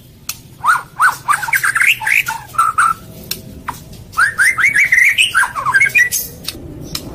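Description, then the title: White-rumped shama song: two bursts of clear, rising and falling whistled notes in quick runs, separated by a short pause, with sharp clicking sounds throughout. Masteran (tutor recording) for training caged birds. "MASTERAN MURAI BATU LABAIK"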